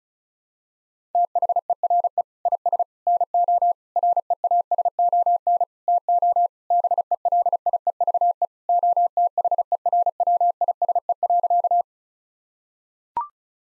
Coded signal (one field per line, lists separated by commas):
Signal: Morse code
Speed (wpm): 36 wpm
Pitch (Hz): 700 Hz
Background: none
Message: THERE IS NO REASON TO BELIEVE OTHERWISE.